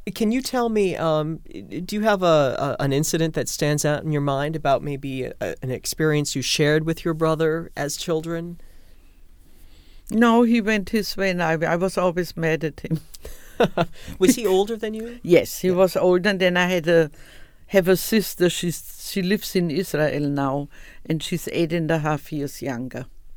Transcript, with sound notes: Can you tell me hum you do you have a incident that stands out in you mind about maybe an experience you shared with your brother as children?
No! He went his way and I was always mad at him.
[Laughs] Was he older than you?
Yes! He was older and then I had a --- have a sister she's --- she lives in Israel now and she is eight-and-a-half years younger.